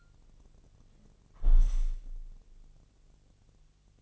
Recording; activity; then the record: daily activity, microphone in the room; close window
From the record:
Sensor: 4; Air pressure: 1001.3 hPa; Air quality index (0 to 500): 169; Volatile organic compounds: 2 ppm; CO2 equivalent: 1208 ppm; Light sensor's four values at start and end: 12/28/12/12 and 12/28/11/12